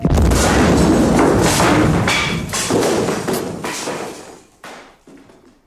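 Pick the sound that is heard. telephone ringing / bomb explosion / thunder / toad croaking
bomb explosion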